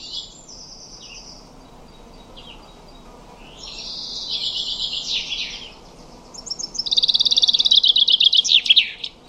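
Common chaffinch song: faint, scratchy high notes at first, then a bright, rapid trill closing with a quick flourish.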